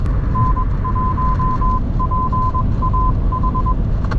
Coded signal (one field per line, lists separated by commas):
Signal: Morse code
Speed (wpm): 21 wpm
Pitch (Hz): 1020 Hz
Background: none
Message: N1PAH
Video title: Here's Why 6 Meter Ham Radio Repeaters Are Awesome!!!